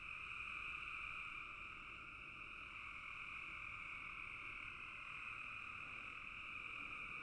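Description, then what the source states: Frogs calling en masse in a high, continuous chorus, the level easing a little around two seconds before rising again. Frogs in a bog.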